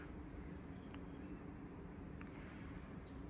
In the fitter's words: Apparently my door's not closed. What's going on here? Yeah, it definitely didn't latch that time.